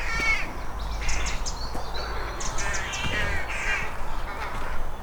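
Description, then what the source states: Several rooks calling together: a jumble of harsh, overlapping caws against low background noise. Rookery of about 20-30 nests beside the Newry Canal, Armagh, Northern Ireland, in spring; birds guarding nests; breeding starts early, in February; typical farmland sound.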